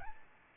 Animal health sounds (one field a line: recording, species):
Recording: mosquito wingbeat signal from an infrared sensor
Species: Aedes albopictus